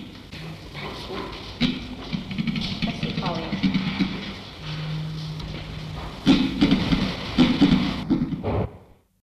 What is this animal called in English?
Victoria Crowned Pigeon